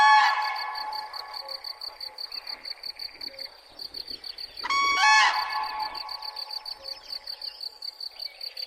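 Bird giving a harsh, harmonic squawking call midway, over a steady pulsing chorus of crickets.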